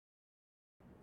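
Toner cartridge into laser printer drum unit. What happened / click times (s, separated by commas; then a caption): The cartridge is being handled but has not clicked into place yet / none. A toner cartridge is being slid into the plastic drum unit of a DCPL2550DW laser printer. The clip is silent until about 0.8 s, then a steady broadband handling sound runs to the end. Nothing has seated or clicked yet.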